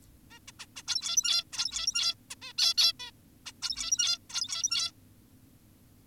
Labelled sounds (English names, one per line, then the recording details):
Zebra Finch
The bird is an adult
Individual g17y2U